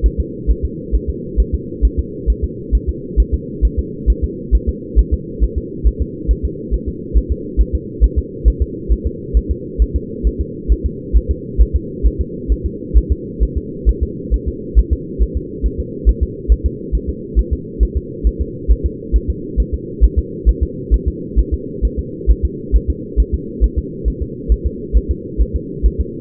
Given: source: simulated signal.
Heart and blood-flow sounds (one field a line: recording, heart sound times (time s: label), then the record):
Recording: fetal heart sounds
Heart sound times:
0.06 s: S1
0.20 s: S2
0.51 s: S1
0.65 s: S2
0.95 s: S1
1.10 s: S2
1.40 s: S1
1.54 s: S2
1.85 s: S1
1.99 s: S2
2.30 s: S1
2.44 s: S2
2.75 s: S1
2.89 s: S2
3.20 s: S1
3.34 s: S2
3.65 s: S1
3.79 s: S2
4.10 s: S1
4.24 s: S2
4.55 s: S1
4.69 s: S2
4.99 s: S1
5.13 s: S2
5.44 s: S1
5.58 s: S2
5.87 s: S1
6.02 s: S2
6.31 s: S1
6.45 s: S2
6.74 s: S1
6.88 s: S2
7.17 s: S1
7.32 s: S2
7.61 s: S1
7.75 s: S2
8.04 s: S1
8.18 s: S2
8.48 s: S1
8.62 s: S2
8.92 s: S1
9.07 s: S2
9.37 s: S1
9.51 s: S2
9.82 s: S1
9.96 s: S2
10.27 s: S1
10.41 s: S2
10.72 s: S1
10.86 s: S2
11.17 s: S1
11.31 s: S2
11.61 s: S1
11.76 s: S2
12.06 s: S1
12.21 s: S2
12.52 s: S1
12.66 s: S2
12.97 s: S1
13.12 s: S2
13.43 s: S1
13.58 s: S2
13.89 s: S1
14.03 s: S2
14.34 s: S1
14.48 s: S2
14.79 s: S1
14.93 s: S2
15.22 s: S1
15.37 s: S2
15.66 s: S1
15.80 s: S2
16.09 s: S1
16.23 s: S2
16.52 s: S1
16.66 s: S2
16.95 s: S1
17.09 s: S2
17.39 s: S1
17.53 s: S2
17.83 s: S1
17.97 s: S2
18.27 s: S1
18.41 s: S2
18.72 s: S1
18.86 s: S2
19.16 s: S1
19.30 s: S2
19.60 s: S1
19.74 s: S2
20.04 s: S1
20.19 s: S2
20.49 s: S1
20.63 s: S2
20.94 s: S1
21.08 s: S2
21.39 s: S1
21.54 s: S2
21.85 s: S1
21.99 s: S2
22.31 s: S1
22.45 s: S2
22.76 s: S1
22.90 s: S2
23.20 s: S1
23.34 s: S2
23.64 s: S1
23.78 s: S2
24.08 s: S1
24.22 s: S2
24.52 s: S1
24.66 s: S2
24.97 s: S1
25.11 s: S2
25.41 s: S1
25.56 s: S2
25.86 s: S1
26.00 s: S2
From the record:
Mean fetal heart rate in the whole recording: 135 bpm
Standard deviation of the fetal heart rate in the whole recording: 3 bpm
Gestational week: 34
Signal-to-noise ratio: -4.1 dB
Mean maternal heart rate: no maternal heart sound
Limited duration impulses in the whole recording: absent